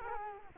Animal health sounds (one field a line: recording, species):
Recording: mosquito wingbeat signal from an infrared sensor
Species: Culex quinquefasciatus